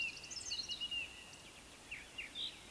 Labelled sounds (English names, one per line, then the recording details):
Eurasian Woodcock whistle
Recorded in Baden-Württemberg, Germany, on 26 May 2020 at 19:42 UTC
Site 45304, 487 m above sea level